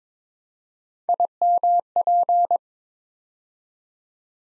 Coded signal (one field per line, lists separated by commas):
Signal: Morse code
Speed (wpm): 22 wpm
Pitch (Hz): 700 Hz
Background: none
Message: IMP